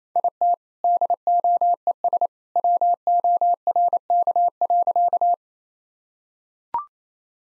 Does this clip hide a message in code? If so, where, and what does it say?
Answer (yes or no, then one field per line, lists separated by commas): yes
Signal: Morse code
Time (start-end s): 0.2-5.3 s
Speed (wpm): 28 wpm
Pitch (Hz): 700 Hz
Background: none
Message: IT DOES WORK.